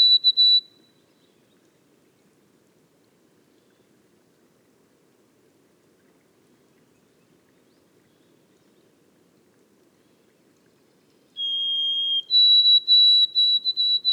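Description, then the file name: White-throated sparrow song. A song ending is followed by a long quiet gap, then a new song: a steady lower whistle, then a higher note broken into several short repeats. Recorded in the boreal forest of Haute-Côte-Nord on 29 May 2018. "bruant-a-gorge-blanche-foret-boreale-de-la-haute-cote-nord-29-mai-2018"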